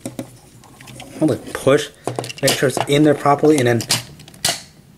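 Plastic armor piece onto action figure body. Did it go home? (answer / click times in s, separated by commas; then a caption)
yes / 4.5 s. A plastic armor piece is lined up and pushed onto the body of a Transformers POTP Optimus Prime action figure while someone talks, with light taps and handling noises early on. A loud, sharp click at 4.5 s marks the armor seating firmly into place.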